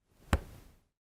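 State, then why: Seated. A 3.5 mm headphone plug is pushed firmly into a phone's audio socket. A single short, sharp click at 0.3 s rises out of faint low rustle, which fades by about 0.8 s. The plug is seated in the jack.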